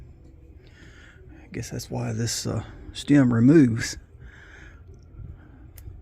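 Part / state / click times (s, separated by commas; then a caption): snap-on fitting onto the removable stem of a camp stove or lantern / seated / 5.8 s. Someone talks while a snap-on part on a Coleman camp stove or lantern is pressed onto its removable stem. A sharp click at 5.8 s marks the part snapping home, and it is confirmed snapped in place.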